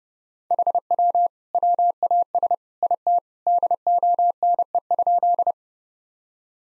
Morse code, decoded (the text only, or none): HW WAS IT DONE?